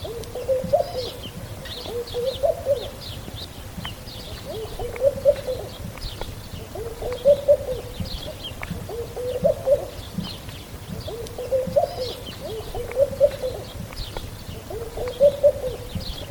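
Bird giving low, soft, cooing call phrases, repeated roughly every two seconds throughout, with faint higher chirps in the background.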